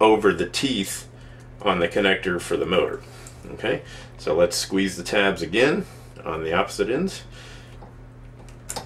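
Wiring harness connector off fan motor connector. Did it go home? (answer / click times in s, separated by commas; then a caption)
released / 8.7 s. Someone talks while squeezing the two locking tabs on the plastic wiring harness connector and pulling it off the condenser fan motor connector of a noisy condenser fan motor in a Hotpoint HTR17BBSERWW refrigerator. A sharp snap at 8.7 s marks the locking connector unlatching and coming apart, leaving the motor disconnected from the wiring harness.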